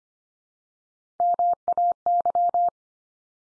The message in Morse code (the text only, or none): MAY